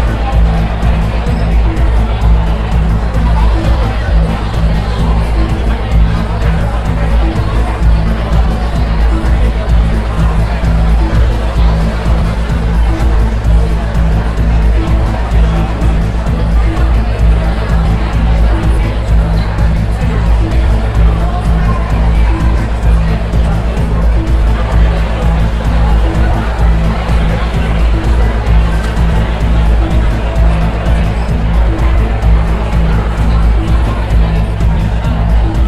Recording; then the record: background sound without coughing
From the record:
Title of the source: Party Noise 1 Hour Party Ambience